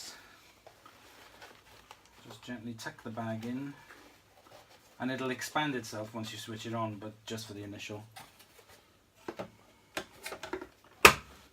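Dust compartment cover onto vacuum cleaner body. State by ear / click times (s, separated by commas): seated / 11.0 s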